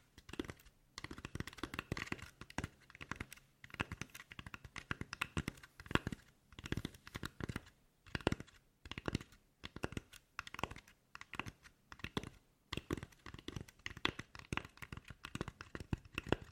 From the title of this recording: Tapping